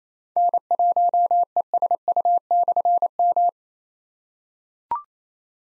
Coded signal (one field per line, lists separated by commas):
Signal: Morse code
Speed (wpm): 27 wpm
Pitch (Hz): 700 Hz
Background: none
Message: N1ESU/M